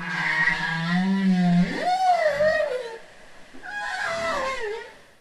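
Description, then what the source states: Bowhead whale song: a low, steady harmonic moan, then rubbery, bending upsweeps and downsweeps in two separate phrases. Rubbery song recorded underwater by hydrophones off the coast of Gambell and in the Bering Strait.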